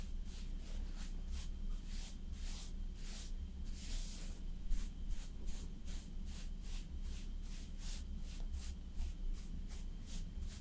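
Makeup being applied slowly, with soft brushing strokes repeating at an even, quick rhythm of about two or three per second. A longer, brighter swish comes around four seconds in. A steady low hum runs underneath throughout.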